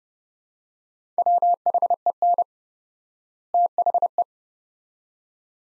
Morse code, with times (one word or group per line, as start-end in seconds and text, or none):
1.2-2.4 WHEN
3.5-4.2 THE